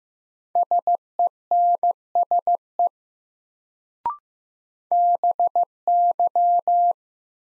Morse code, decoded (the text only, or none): SENSE BY